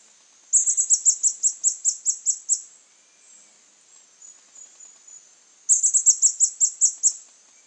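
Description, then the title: White-chinned sapphire calling: very high, thin notes given in a rapid series of about a dozen, a pause of three seconds, then another similar fast series. Nominate subspecies Hylocharis cyanus cyanus. "LuckyPassaro Completos2Sama. White-chinned Sapphire"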